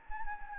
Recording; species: mosquito wingbeat signal from an infrared sensor; Anopheles gambiae